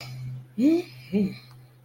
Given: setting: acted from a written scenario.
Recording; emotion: vocal sound without words; contentment